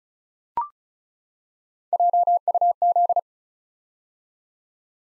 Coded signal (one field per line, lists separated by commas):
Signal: Morse code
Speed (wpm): 36 wpm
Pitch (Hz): 700 Hz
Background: none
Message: JUZ